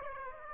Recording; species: mosquito wingbeat signal from an infrared sensor; Aedes aegypti